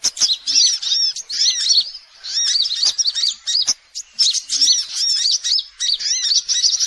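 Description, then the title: Spiderhunter song in lively bursts of high, curved chirping notes separated by short pauses, with occasional sharp clicks. Song used as masteran training material. "Sogok Ontong Labaik"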